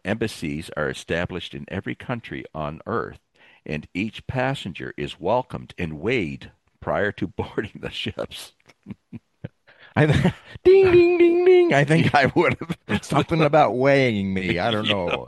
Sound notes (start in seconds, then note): 8.7 laughs; 12.0 laughs